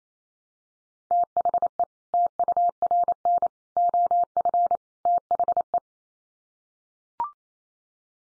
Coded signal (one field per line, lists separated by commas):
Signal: Morse code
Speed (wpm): 28 wpm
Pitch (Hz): 700 Hz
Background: none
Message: THE TURN OF THE